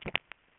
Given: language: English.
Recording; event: throat vibration sensor signal played as sound; swallow